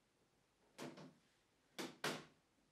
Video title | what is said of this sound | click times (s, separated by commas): Solo® & Perfect Milk - Brühgruppe | nach der Reinigung setzt ihr die Brühgruppe wieder ein und schließt die Abdeckung bis sie einrastet | 1.8 s, 2.0 s